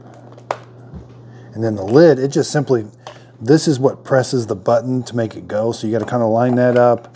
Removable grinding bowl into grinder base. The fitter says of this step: just kind of hear it kind of click